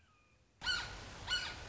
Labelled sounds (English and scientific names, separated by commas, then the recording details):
Red-shouldered Hawk (Buteo lineatus)
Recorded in Sonoma County, California